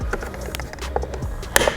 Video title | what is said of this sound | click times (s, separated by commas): 2020 Supra Carbon Mirror upgrade | that's the noise you want to hear you want it to hear it pop | 1.6 s